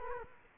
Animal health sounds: mosquito wingbeat signal from an infrared sensor; Culex quinquefasciatus

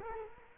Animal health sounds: mosquito wingbeat signal from an infrared sensor; Culex quinquefasciatus

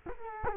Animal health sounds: mosquito wingbeat signal from an infrared sensor; Culex quinquefasciatus

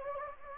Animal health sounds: mosquito wingbeat signal from an infrared sensor; Anopheles gambiae

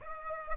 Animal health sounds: mosquito wingbeat signal from an infrared sensor; Aedes aegypti

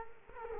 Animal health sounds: mosquito wingbeat signal from an infrared sensor; Culex quinquefasciatus

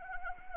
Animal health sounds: mosquito wingbeat signal from an infrared sensor; Anopheles arabiensis

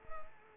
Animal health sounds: mosquito wingbeat signal from an infrared sensor; Culex pipiens

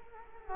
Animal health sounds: mosquito wingbeat signal from an infrared sensor; Culex quinquefasciatus

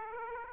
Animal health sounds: mosquito wingbeat signal from an infrared sensor; Aedes aegypti

